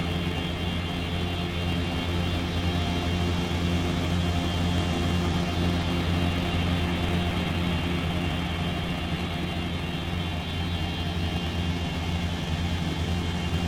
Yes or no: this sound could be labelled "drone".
yes